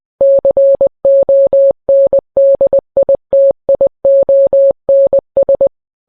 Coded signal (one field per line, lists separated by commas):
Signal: Morse code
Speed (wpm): 20 wpm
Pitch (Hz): 550 Hz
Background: none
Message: CONDITIONS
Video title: NWR morse code